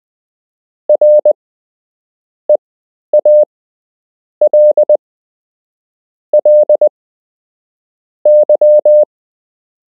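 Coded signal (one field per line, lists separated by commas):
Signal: Morse code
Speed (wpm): 20 wpm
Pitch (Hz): 600 Hz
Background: none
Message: REALLY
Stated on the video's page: Beginner Morse code lesson with real Morse to learn, part 6 of 8.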